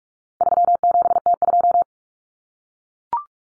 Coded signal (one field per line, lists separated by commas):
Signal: Morse code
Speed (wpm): 44 wpm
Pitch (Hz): 700 Hz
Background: none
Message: 37T2